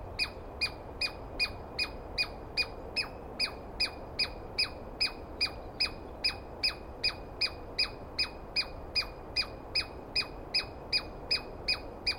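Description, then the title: Douglas squirrel giving harsh, sharp calls repeated steadily, about two and a half per second, each with a quick falling tail, over soft background hiss. Dawn recording, early morning, 21 April 2017, East Cascades; single squirrel calling at length and screaming; recordist not fully certain of identification, judged by sound. "Interview With The Chipmunk"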